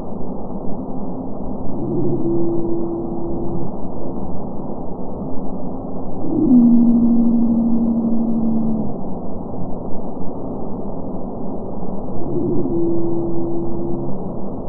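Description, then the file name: Pygmy blue whale song, sped up, a sequence of steady tonal units: a level tone, then a longer lower hum, then another level tone, all over continuous low background noise. Madagascan pygmy blue whale, sped up ten times. "Madagascan pygmy blue whale x 10"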